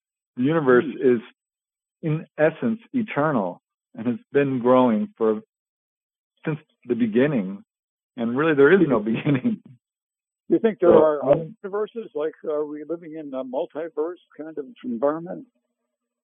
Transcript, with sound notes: The universe is, in essence, eternal, and it's been growing for... since the beginning. And really there is no beginning.
(laughs)
Do you think there are other universes? Like, are we living in a multiverse kind of environment?